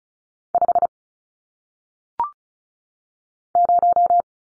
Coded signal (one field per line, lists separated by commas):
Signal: Morse code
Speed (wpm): 36 wpm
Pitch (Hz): 700 Hz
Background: none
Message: 5 0